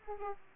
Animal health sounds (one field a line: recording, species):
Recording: mosquito wingbeat signal from an infrared sensor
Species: Aedes aegypti